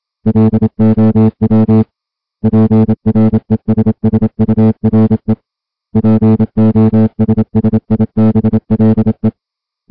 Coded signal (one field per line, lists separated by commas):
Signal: Morse code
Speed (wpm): 27 wpm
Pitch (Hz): 220 Hz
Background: music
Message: LOW PRESSURE POSSIBLE